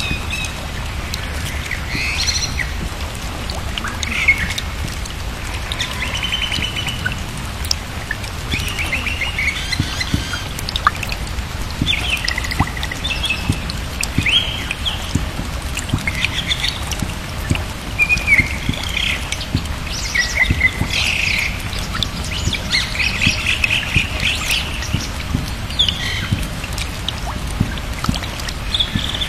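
Rain falls steadily throughout, a dense patter with frequent small taps, over a low rumble. Birds chirp in short bright bursts scattered across the whole half minute, busiest toward the middle and end.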